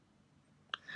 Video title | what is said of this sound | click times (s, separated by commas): CA0297-52W Citizen Marvel Black Panther Nighthawk | little click and see how it goes changing the date we can schedule what is the date | 0.7 s